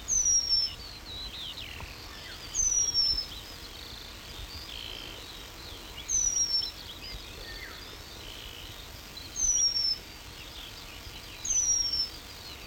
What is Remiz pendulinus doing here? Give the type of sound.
song